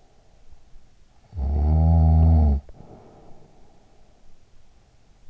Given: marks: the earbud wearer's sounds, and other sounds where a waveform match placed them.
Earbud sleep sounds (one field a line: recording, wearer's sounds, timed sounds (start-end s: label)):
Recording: sounds in sleep by an in-ear microphone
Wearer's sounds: snoring breath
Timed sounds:
0.93-4.45 s: snoring breath